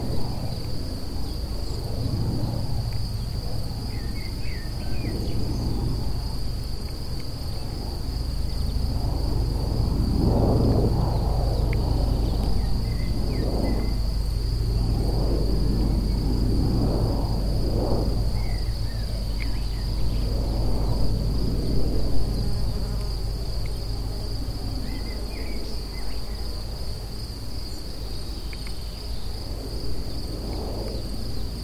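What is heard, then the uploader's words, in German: A cricket chirps in a thin, steady, high trill that holds at one pitch throughout. Beneath it runs a constant low rumble, possibly wind or traffic, swelling in soft gusts between about ten and twenty seconds. Eine seltsame Grille. Diese Art von Grillen machte immer nur kurz Musik, wenn ich das Mikrophon aufstellte.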